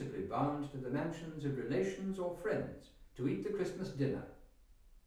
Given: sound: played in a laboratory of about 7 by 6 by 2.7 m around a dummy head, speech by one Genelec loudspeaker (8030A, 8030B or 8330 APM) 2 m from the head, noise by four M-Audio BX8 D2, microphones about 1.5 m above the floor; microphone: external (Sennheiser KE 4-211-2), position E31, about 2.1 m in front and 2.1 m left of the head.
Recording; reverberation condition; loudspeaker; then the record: male speech in English; medium; 90 degrees to the right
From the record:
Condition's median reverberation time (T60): about 510 ms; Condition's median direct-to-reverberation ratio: about -0.5 dB